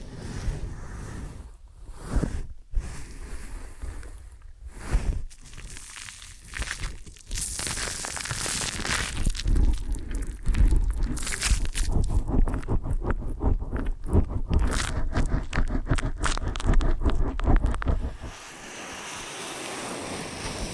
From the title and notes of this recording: ASMR Ear & Scalp Massage and Cleaning Before Sleep (No Talking).